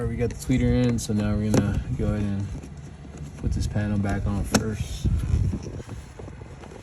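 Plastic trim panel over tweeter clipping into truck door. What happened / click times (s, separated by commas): Handled, not yet home: the trim panel has not snapped into place / none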